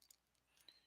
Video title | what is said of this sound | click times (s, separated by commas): Cosmic Legions My thoughts | and you should hear there you go you should hear the pop once it goes in but there's that and | 0.7 s